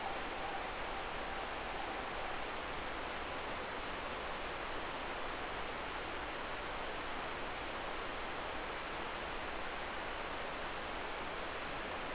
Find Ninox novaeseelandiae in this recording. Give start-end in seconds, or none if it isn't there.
0.02-2.59